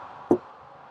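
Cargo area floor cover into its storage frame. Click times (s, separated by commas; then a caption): 0.3 s. The rear cargo-area floor cover over the 12-volt accessory battery of a 2021–2022 UX hybrid is pushed down into its storage frame, and a single short, sharp click is heard at 0.3 s. This is the first of two clicks, and the cover snaps into place, seated.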